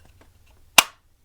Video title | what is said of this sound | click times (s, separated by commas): Muddy River Tactical IWB Holster | Man, that is a loud click, snap, whatever you want to call it. | 0.8 s